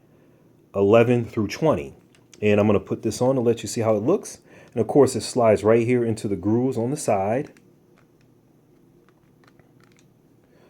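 Someone talks while a plastic guard comb is slid along the grooves on the side of the head of a Panasonic ER-GB80 hair trimmer. After the talking ends around 7.4 s, only faint, brief small sounds are heard near 8.0, 9.1, 9.5 and 9.8–10.0 s. The guard has not been pushed home and has not locked or clicked into place yet.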